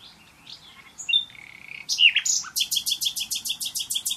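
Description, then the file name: Common nightingale song: a few thin whistles and slurred notes, then a loud series of rapid, repeated buzzy notes to the end. "Luscinia megarhynchos"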